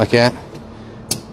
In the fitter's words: then locks into place and the good thing is it